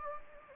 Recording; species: mosquito wingbeat signal from an infrared sensor; Anopheles gambiae